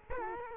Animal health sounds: mosquito wingbeat signal from an infrared sensor; Culex quinquefasciatus

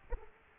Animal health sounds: mosquito wingbeat signal from an infrared sensor; Aedes aegypti

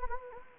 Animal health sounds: mosquito wingbeat signal from an infrared sensor; Anopheles gambiae

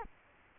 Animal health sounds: mosquito wingbeat signal from an infrared sensor; Culex quinquefasciatus

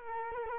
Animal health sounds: mosquito wingbeat signal from an infrared sensor; Culex quinquefasciatus

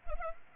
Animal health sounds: mosquito wingbeat signal from an infrared sensor; Culex pipiens

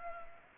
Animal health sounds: mosquito wingbeat signal from an infrared sensor; Culex pipiens

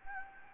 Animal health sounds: mosquito wingbeat signal from an infrared sensor; Anopheles gambiae

